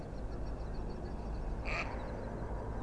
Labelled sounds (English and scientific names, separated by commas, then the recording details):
Mallard (Anas platyrhynchos)
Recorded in Germany
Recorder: ecoPi